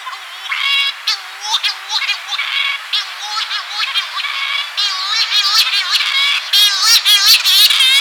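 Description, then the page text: Cory's shearwater flight calls: harsh, nasal wailing notes with rich harmonics, repeated in rapid, overlapping bursts. "Corys Shearwater Flight Call. Quick Sounds"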